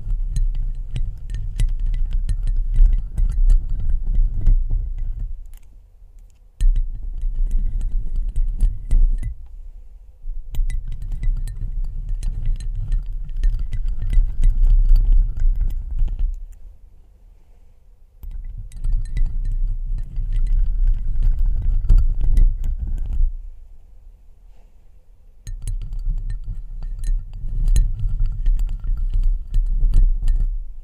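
Crystals, beads and ice tapped and scratched in dense clicking bursts with a low rumble, broken by short pauses about every five to seven seconds.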